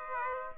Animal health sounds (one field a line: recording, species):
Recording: mosquito wingbeat signal from an infrared sensor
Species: Aedes aegypti